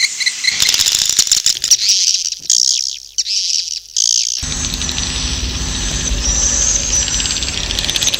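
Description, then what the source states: Swiftlets twitter in high, buzzy chirps for about four seconds, then a loud broad hiss takes over with faint chirping above it. Swiftlet sounds used for swiftlet farming in Asia.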